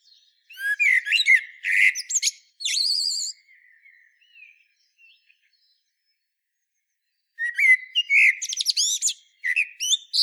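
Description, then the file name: Common blackbird singing: two warbled phrases of low fluted notes running into high squeaky twitters, separated by about four seconds of near silence with faint soft notes. "Turdus merula"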